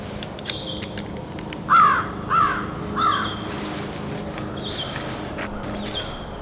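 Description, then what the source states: Pine Grosbeak song: three short, slurred warbled phrases, with thin high whistled notes repeating in the background. Singing immature male in southern Ontario; a very vireo-like song, sung at an unusual time of year.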